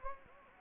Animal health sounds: mosquito wingbeat signal from an infrared sensor; Anopheles gambiae

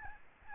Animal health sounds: mosquito wingbeat signal from an infrared sensor; Aedes albopictus

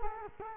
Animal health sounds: mosquito wingbeat signal from an infrared sensor; Culex quinquefasciatus

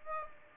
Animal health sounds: mosquito wingbeat signal from an infrared sensor; Aedes aegypti

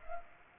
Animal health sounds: mosquito wingbeat signal from an infrared sensor; Culex pipiens

